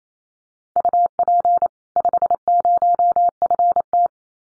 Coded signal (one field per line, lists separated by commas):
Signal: Morse code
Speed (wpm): 28 wpm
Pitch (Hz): 700 Hz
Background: none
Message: UP 50FT